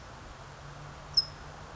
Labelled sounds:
California Towhee
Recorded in Sonoma County, California

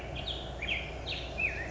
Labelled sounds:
Black-headed Grosbeak
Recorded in Sonoma County, California

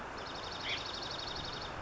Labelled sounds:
Dark-eyed Junco
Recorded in Sonoma County, California

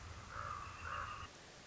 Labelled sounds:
Common Raven
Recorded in Sonoma County, California

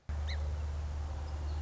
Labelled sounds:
Song Sparrow
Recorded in Sonoma County, California

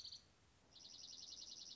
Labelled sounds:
Dark-eyed Junco
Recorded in Sonoma County, California

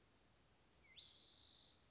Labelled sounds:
Spotted Towhee
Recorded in Sonoma County, California

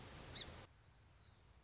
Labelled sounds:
Song Sparrow
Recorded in Sonoma County, California

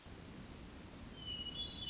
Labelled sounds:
Hermit Thrush
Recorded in Sonoma County, California

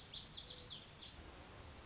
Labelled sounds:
Lazuli Bunting
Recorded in Sonoma County, California

